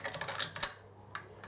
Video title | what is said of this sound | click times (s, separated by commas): Sunday Night NC 87 part two Corsa CAT Weld Repair | you press it down and that snaps into place | 0.6 s